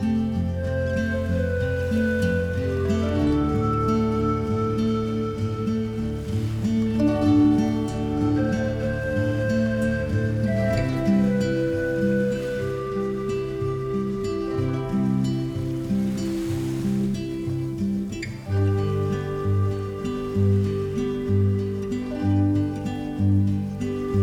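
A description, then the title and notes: Pan flute and guitar play slow, sustained notes over a deep, steady bass, with the harmony shifting every few seconds, around 3, 11 and 18 seconds. A soft, even hiss runs beneath the music, and the level stays constant throughout. Sounds of ocean waves, pan flute, and guitar.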